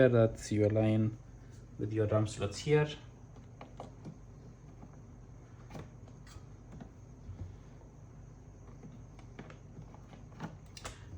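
Someone talks briefly at the start while a memory module is handled and lined up over the DIMM slots on a motherboard. Only light handling ticks and taps follow on a quiet background. The module has not been pushed in yet, and nothing has seated or clicked.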